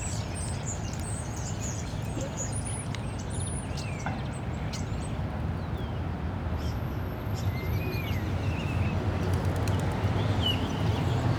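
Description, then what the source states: Common starlings chatter with thin high whistles, sharp clicks and short wavering notes above constant low traffic noise. Starlings in plane trees at Porte de Ninove, Molenbeek-Saint-Jean, Brussels, Belgium; cars also heard; recorded with Lom mikroUši Pro microphones into a Zoom F3.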